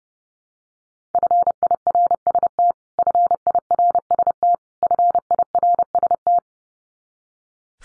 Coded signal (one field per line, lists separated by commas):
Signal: Morse code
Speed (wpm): 30 wpm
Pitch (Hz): 700 Hz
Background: none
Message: FIRST FIRST FIRST